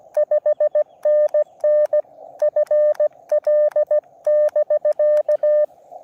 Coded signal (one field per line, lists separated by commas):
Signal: Morse code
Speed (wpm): 16 wpm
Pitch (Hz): 590 Hz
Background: none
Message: 5NN FL<BK>